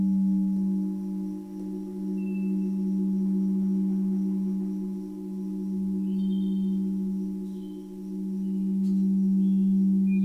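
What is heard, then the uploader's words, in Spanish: Singing bowls ring with a sustained, low hum and several steady overtones layered above it. The tone swells and dips gently in slow waves, with soft dips near two, five and eight seconds, while faint bright chirps flicker briefly in the upper range. Un viaje entre cuencos y sus armonicos.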